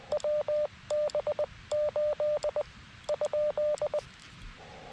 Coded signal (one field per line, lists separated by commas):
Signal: Morse code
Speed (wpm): 20 wpm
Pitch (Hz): 600 Hz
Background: radio noise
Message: WB8 ?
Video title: Operator Error: K2EJT POTA at K-2023 Buttermilk Falls State Park